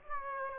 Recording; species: mosquito wingbeat signal from an infrared sensor; Aedes aegypti